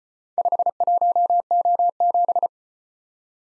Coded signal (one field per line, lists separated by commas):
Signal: Morse code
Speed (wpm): 34 wpm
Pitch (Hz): 700 Hz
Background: none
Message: 51O7